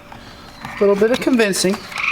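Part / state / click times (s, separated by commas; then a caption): tablet into custom dash bezel opening / not seated / none. An iPad is pressed into a custom plastic dash bezel opening in a Mustang, after tabs were trimmed for clearance. Someone talks over faint sharp hits while the tablet is pushed and handled. The clip ends before the tablet goes home, so nothing has seated or clicked yet.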